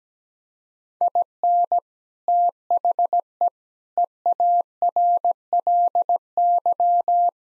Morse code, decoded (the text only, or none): IN THE EARLY